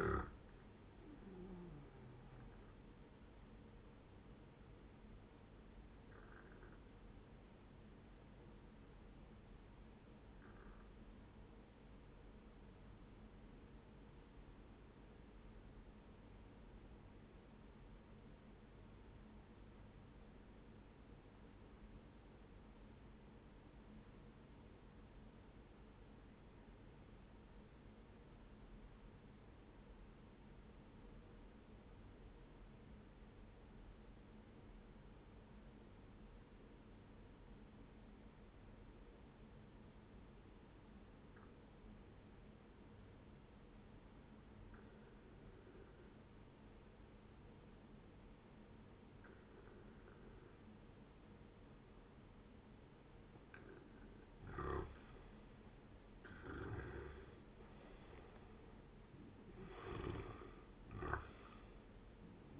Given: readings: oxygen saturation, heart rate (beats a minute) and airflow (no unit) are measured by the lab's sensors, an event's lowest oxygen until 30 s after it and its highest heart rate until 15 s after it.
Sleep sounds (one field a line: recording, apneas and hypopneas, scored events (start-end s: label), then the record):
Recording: breathing in sleep by a voice recorder at the bedside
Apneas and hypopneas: 1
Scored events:
7.00-52.70 s: obstructive apnea (N1, oxygen 98% highest, then 89% lowest, heart rate 71 at the start, 80 highest)
28.00-58.00 s: new sleep stage, N2 (light sleep)
58.00-62.60 s: new sleep stage, N1 (lightest sleep)
From the record:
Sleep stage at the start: N1 (lightest sleep)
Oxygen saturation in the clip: 91 to 98%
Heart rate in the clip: 60 to 79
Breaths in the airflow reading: 3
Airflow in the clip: -10.6 to 15.0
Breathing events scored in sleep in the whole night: 131 in 7.2 hours asleep